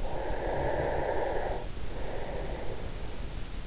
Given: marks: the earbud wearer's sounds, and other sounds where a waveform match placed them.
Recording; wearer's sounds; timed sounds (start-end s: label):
sounds in sleep by an in-ear microphone; breath
0.09-3.36 s: breath